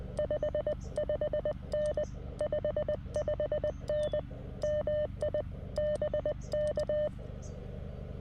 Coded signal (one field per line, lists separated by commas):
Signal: Morse code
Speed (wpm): 20 wpm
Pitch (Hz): 600 Hz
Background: none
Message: 55N 55N MI BK